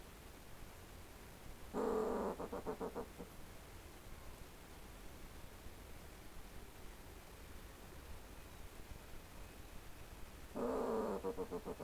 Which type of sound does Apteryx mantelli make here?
male call